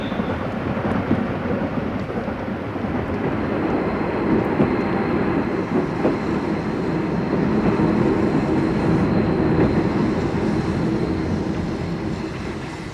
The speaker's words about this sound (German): Es hat Einfahrt der fahrplanmäßige FD-Zug nach Paris. Bitte zurücktreten. Zurücktreten, bitte.